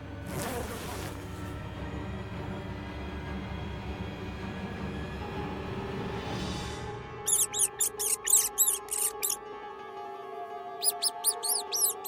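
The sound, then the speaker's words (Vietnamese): Two large black-furred rats scurrying inside a fabric wardrobe: a low rustling rumble gives way to rapid, shrill squeaks in quick repeated bursts, followed by a shorter flurry of squeaking near the end. “Từ bên trong hai con chuột to tổ tràng với bộ lông đen xì nhảy bổ cả ra ngoài.”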